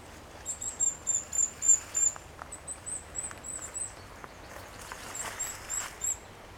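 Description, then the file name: Eurasian nuthatch calls: a quick run of thin, very high notes, then softer scattered notes over faint background hiss. "Sitta europaea"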